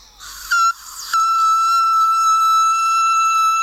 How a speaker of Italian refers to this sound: E anche la voce con le corde parallele, quella acutissima, quella è difficile. I fischi con la il gola.